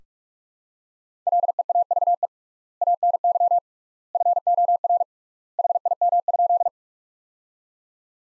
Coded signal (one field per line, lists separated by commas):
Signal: Morse code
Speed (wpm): 46 wpm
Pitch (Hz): 700 Hz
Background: none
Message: LEAVE ANY FOR HIM?